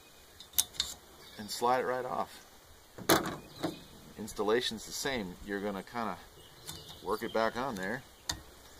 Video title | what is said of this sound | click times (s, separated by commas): How to install your wiper blades (For beginners) | up until it snaps and you'll know it's snap you kind of tug on it now won't come off | 8.3 s